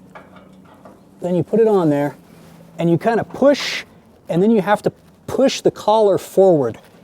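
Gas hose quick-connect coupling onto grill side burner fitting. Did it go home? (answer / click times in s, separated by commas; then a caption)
no / none. A propane hose quick-connect coupling is pushed onto the side-table burner fitting of a Weber Summit S-470 grill, with its collar pushed forward, while someone talks. Faint handling taps are heard early, near 0.2 s, 0.7 s and 0.9 s. Nothing has seated or clicked yet.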